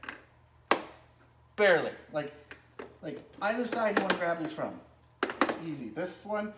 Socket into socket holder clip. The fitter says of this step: can hear it click it and you can hear on this one I'm not they're barely